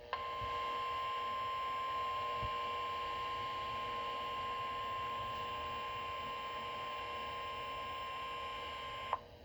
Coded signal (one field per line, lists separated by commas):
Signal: Emergency Alert System (SAME) tones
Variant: 1050 Hz attention tone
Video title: Severe Thunderstorm Warning (EAS #59)